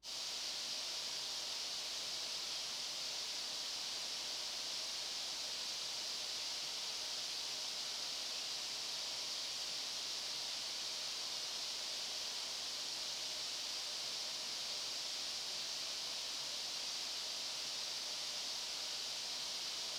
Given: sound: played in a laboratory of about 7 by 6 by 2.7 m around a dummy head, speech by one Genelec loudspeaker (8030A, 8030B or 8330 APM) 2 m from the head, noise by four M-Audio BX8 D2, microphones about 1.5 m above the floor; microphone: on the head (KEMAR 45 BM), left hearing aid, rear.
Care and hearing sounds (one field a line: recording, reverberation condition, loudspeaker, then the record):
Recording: white noise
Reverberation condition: high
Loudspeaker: four, about 170 cm from the corners of the room and facing them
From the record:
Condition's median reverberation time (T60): about 1300 ms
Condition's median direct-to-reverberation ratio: about -4.0 dB